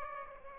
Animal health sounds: mosquito wingbeat signal from an infrared sensor; Aedes aegypti

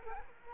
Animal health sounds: mosquito wingbeat signal from an infrared sensor; Culex quinquefasciatus

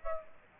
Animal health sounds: mosquito wingbeat signal from an infrared sensor; Aedes aegypti

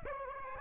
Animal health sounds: mosquito wingbeat signal from an infrared sensor; Aedes aegypti

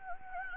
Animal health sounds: mosquito wingbeat signal from an infrared sensor; Anopheles gambiae

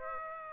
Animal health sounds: mosquito wingbeat signal from an infrared sensor; Aedes aegypti

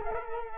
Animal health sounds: mosquito wingbeat signal from an infrared sensor; Culex quinquefasciatus

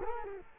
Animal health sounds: mosquito wingbeat signal from an infrared sensor; Culex quinquefasciatus

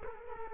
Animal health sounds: mosquito wingbeat signal from an infrared sensor; Culex quinquefasciatus

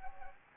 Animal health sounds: mosquito wingbeat signal from an infrared sensor; Anopheles gambiae

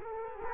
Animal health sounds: mosquito wingbeat signal from an infrared sensor; Culex quinquefasciatus

